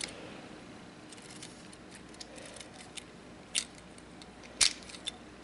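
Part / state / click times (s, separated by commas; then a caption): back section panel of a plastic transforming robot figure clipping into the front torso / seated / 3.6 s, 5.1 s. During the vehicle-to-robot transformation of a plastic Hasbro 2014 Transformers Age of Extinction Hound Voyager Class figure, the back section panel is pushed into the front torso amid quiet plastic handling. Sharp plastic clicks at 3.6 s and 5.1 s mark the back section popping into place, seated in the front.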